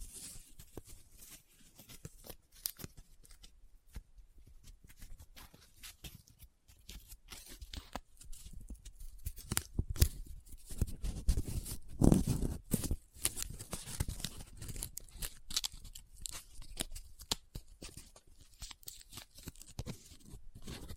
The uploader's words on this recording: ASMR Close Up Paper Sounds - Folding, Scratching, Rubbing, Crinkle No Talking.